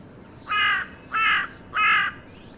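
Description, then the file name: Carrion crow uttering three short, rasping caws, harsh and evenly spaced, with a quiet background. "Corvus corone"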